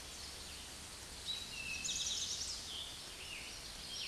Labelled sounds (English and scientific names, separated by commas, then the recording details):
Eastern Towhee (Pipilo erythrophthalmus) song
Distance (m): 40 m
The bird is about 5 m above the microphone
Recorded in a Pennsylvania forest on 16 May 2024 at 06:06
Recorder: AudioMoth, point MSD-0475
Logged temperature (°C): 12.3 °C
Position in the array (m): 109 m, 6 m